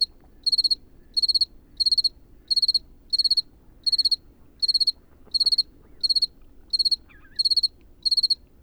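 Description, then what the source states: Cricket song: short high chirps of several pulses each, repeated roughly every 0.7 seconds, over a low rumble. At night in the Camargue; temperature below 10 degrees, the cricket finding it hard to sing in the cold.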